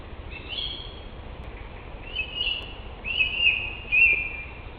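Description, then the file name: Song thrush singing several short whistled phrases separated by quiet pauses. Germany. "Turdus philomelos in Deutschland"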